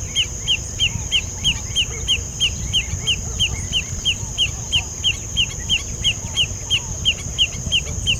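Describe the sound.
A bird gives a fast, evenly spaced series of brief bright chirps, roughly three per second, with a constant shrill tone running throughout and low rumble beneath.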